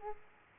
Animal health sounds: mosquito wingbeat signal from an infrared sensor; Aedes aegypti

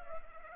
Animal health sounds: mosquito wingbeat signal from an infrared sensor; Culex pipiens

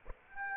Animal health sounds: mosquito wingbeat signal from an infrared sensor; Aedes aegypti

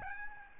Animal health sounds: mosquito wingbeat signal from an infrared sensor; Aedes albopictus

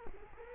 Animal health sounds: mosquito wingbeat signal from an infrared sensor; Culex quinquefasciatus

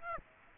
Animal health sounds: mosquito wingbeat signal from an infrared sensor; Aedes aegypti

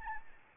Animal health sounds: mosquito wingbeat signal from an infrared sensor; Aedes albopictus

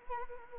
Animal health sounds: mosquito wingbeat signal from an infrared sensor; Anopheles arabiensis

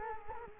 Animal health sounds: mosquito wingbeat signal from an infrared sensor; Culex quinquefasciatus

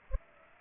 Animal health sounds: mosquito wingbeat signal from an infrared sensor; Culex pipiens

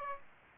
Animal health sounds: mosquito wingbeat signal from an infrared sensor; Aedes aegypti

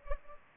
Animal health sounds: mosquito wingbeat signal from an infrared sensor; Culex pipiens

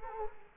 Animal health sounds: mosquito wingbeat signal from an infrared sensor; Culex quinquefasciatus

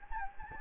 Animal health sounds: mosquito wingbeat signal from an infrared sensor; Anopheles gambiae

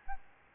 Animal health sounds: mosquito wingbeat signal from an infrared sensor; Aedes albopictus

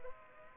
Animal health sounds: mosquito wingbeat signal from an infrared sensor; Culex pipiens

